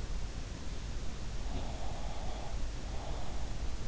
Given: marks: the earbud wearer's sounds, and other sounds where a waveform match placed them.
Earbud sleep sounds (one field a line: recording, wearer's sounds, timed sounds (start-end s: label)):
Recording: sounds in sleep by an in-ear microphone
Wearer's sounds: breath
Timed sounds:
1.38-3.65 s: breath